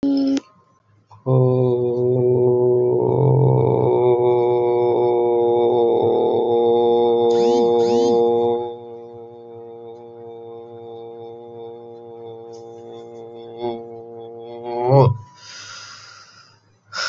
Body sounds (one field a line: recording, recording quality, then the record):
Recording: sustained vowel as in boot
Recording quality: moderate, slight background noise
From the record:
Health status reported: healthy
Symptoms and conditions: none ticked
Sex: male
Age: 26 years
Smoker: not ticked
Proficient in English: yes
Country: India